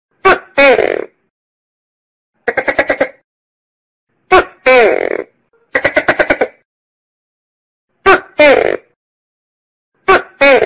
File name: Tieng keu cua con tac ke